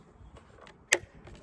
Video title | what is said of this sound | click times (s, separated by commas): EP11 - Peugeot is kicking my butt… again! | Nice click. Nice click. Get it in there. Nice satisfying click. | 0.9 s